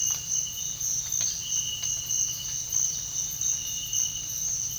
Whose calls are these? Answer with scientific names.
none